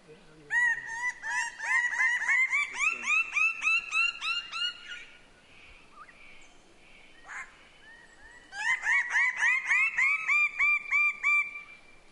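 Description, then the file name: Myna calling in rapid runs of nasal, bugle-like notes, about three per second, in two bursts separated by a few seconds of near quiet. Papua New Guinea. "Para Mino"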